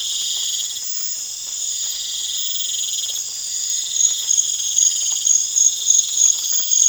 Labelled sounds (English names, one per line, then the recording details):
none
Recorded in pastures near Puerto Asís, Putumayo, Colombia, on 25 June 2025 at 02:30
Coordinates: 0.502, -76.324
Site G010